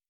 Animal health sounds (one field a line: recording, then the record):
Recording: hydrophone in a shrimp aquaculture tank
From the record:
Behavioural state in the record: normal